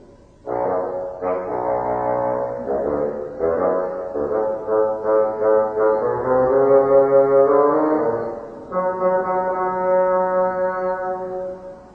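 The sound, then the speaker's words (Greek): A bassoon plays a gruff, low melody portraying a stern grandfather character in a story, in steady, deliberate notes with short pauses between phrases, ending on a long sustained tone. No voices. “Το φαγκότο τον αυστηρό παππού του Πέτρου.”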